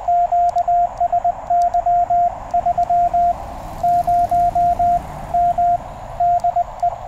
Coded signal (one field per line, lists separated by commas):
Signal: Morse code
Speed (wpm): 20 wpm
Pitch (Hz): 700 Hz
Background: radio noise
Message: QSY 30M DE